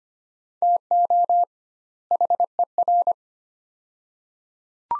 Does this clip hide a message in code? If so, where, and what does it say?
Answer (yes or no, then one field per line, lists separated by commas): yes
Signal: Morse code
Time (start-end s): 0.6-3.1 s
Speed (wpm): 25 wpm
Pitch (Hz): 700 Hz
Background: none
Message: TO HER